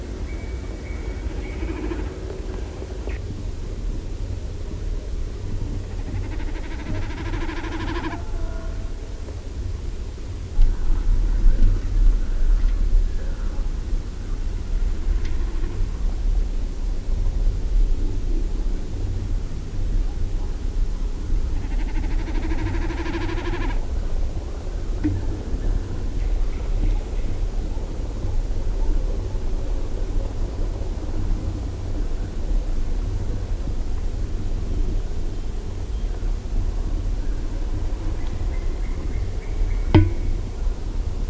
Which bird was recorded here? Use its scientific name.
Gallinago gallinago